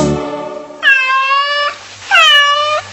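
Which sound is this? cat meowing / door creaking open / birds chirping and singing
cat meowing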